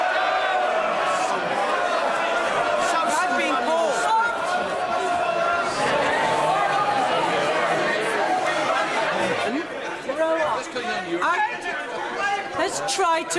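Many voices overlap in a steady crowd murmur between speeches, thinning slightly after about nine seconds as a few individual voices stand out.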